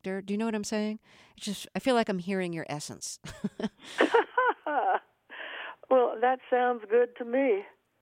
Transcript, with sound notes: Do you know what I'm saying? Just I feel like I'm hearing your essence.
(LAUGHTER)
Well, that sounds good to me.